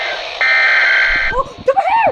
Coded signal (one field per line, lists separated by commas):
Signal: Emergency Alert System (SAME) tones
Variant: header bursts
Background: speech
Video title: DOUBLE HEADER!!!!! Flash Flood Warning and Flood Warning (EAS #196-197)